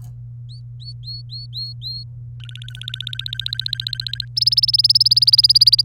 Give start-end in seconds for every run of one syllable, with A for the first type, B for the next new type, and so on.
0.49-2.04 A, 2.40-4.25 B, 4.37-5.82 C